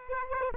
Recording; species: mosquito wingbeat signal from an infrared sensor; Aedes aegypti